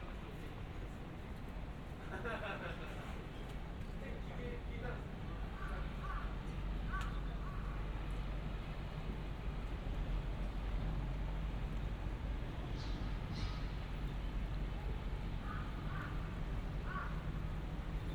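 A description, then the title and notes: A walk through Shinbashi in Tokyo, with a dense, steady low rumble of traffic filling the whole clip. Snatches of voices rise above it now and then, around two seconds, near seven, and again after fifteen, with brief higher clicks or chirps around twelve seconds. 3D AUDIO TOKYO WALKING - Shinbashi(新橋), Japan.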